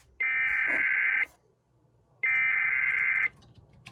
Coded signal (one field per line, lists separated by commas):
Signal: Emergency Alert System (SAME) tones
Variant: header bursts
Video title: EAS 1402: NWS Twin Cities Tornado Warning #3